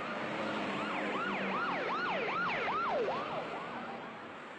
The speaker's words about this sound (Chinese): 华城警局外，全体人员已经集合完毕。阿布局长一声令下，所有警车扬长而去。